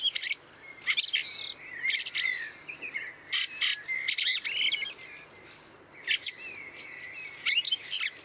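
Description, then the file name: Fieldfare calls: rasping, chattering bursts in quick succession, mixed with thin drawn-out whistles. Recorded 26 April 2014. "Wacholderdrossel 26 04 2014 Wank GAR Michle Pron"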